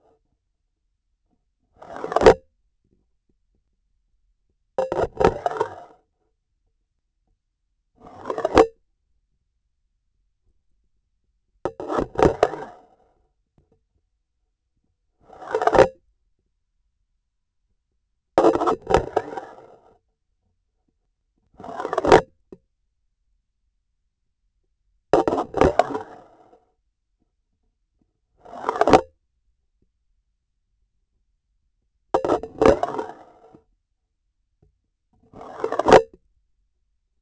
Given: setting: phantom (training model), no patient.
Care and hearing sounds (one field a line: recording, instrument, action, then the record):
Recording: laparoscopic instrument, vibration sensor on the handle end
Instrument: grasping forceps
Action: insertion and removal through the trocar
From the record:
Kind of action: spatial motion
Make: Olympus